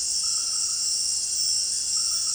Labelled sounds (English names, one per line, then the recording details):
none
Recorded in dense forest near Puerto Asís, Putumayo, Colombia, on 23 June 2025 at 18:30
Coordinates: 0.468, -76.322
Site GP03